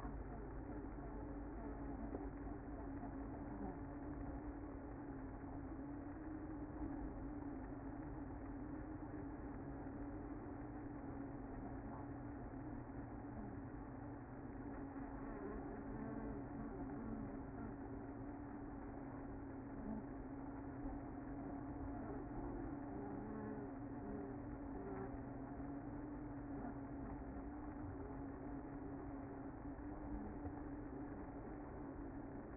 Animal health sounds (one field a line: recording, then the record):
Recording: honeybee colony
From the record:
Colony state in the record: active